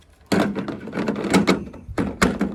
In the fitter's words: With the screws, this thing just snaps in place.